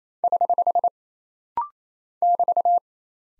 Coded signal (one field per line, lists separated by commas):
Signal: Morse code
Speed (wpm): 28 wpm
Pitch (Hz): 700 Hz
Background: none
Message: <HH> <BT>